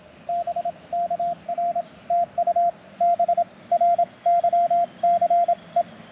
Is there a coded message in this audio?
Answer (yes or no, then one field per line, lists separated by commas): yes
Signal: Morse code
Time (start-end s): 0.3-5.8 s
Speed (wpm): 27 wpm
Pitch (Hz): 690 Hz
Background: radio noise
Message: BK R TU BRYCE